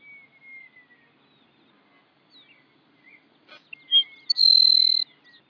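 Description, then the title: Grassland Sparrow song: a quick chip and a short note lead into a long, insect-like buzzy trill held steady at high pitch, over soft whistled bird calls. Nominate subspecies humeralis. "LuckyPassaro Completos2Sama. Grassland Sparrow"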